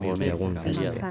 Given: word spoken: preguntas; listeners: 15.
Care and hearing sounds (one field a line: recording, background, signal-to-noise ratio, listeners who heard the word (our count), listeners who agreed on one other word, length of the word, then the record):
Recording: one Spanish word in noise, from a listening test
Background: four-talker babble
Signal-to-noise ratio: -2.9 dB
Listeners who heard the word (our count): 0 of 15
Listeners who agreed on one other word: 6 of 15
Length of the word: 0.71 s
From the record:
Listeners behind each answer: 6, 3, 1, 1, 1, 1, 1, 1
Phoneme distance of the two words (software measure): 72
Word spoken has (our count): 3 syllables, 9 phonemes, stress on syllable 2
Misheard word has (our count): 2 syllables, 5 phonemes, stress on syllable 2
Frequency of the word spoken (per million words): 58.27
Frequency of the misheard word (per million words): 70.24